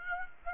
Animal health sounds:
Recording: mosquito wingbeat signal from an infrared sensor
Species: Aedes aegypti

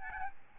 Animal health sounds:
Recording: mosquito wingbeat signal from an infrared sensor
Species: Aedes albopictus

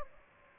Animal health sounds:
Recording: mosquito wingbeat signal from an infrared sensor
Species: Aedes aegypti

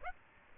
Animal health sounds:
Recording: mosquito wingbeat signal from an infrared sensor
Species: Aedes aegypti

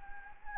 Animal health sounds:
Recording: mosquito wingbeat signal from an infrared sensor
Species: Anopheles gambiae

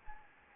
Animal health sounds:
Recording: mosquito wingbeat signal from an infrared sensor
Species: Anopheles gambiae

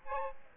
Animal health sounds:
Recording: mosquito wingbeat signal from an infrared sensor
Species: Aedes aegypti

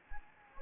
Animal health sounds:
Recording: mosquito wingbeat signal from an infrared sensor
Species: Anopheles gambiae

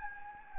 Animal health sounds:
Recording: mosquito wingbeat signal from an infrared sensor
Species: Anopheles gambiae

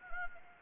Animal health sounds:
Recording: mosquito wingbeat signal from an infrared sensor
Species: Anopheles gambiae

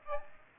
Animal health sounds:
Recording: mosquito wingbeat signal from an infrared sensor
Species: Aedes aegypti

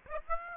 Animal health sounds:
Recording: mosquito wingbeat signal from an infrared sensor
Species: Aedes aegypti

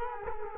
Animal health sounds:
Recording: mosquito wingbeat signal from an infrared sensor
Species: Culex quinquefasciatus

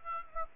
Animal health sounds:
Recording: mosquito wingbeat signal from an infrared sensor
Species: Aedes aegypti

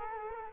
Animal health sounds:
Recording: mosquito wingbeat signal from an infrared sensor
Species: Culex quinquefasciatus

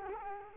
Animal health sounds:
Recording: mosquito wingbeat signal from an infrared sensor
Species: Culex quinquefasciatus

